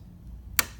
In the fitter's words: move it up like that and it'll snap right into position all